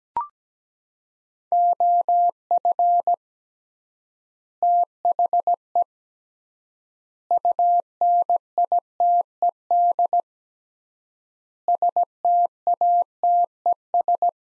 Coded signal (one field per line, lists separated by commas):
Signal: Morse code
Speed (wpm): 17 wpm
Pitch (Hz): 700 Hz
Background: none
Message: OF THE UNITED STATES